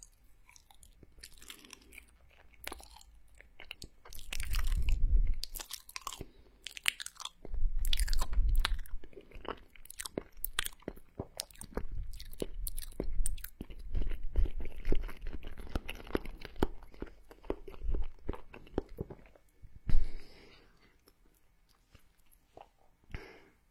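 Mouth sounds of eating and chewing, with dense crunching and crackly clicks running almost throughout. Heavier crunching bursts come around five and eight seconds, with steady fizzy crackling after, one sharp burst near twenty seconds, then it fades to quiet.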